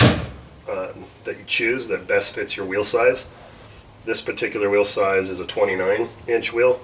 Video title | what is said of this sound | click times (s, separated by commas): Hanger Installation Guide | you heard it click in you want to click that into the position that you that | 0.0 s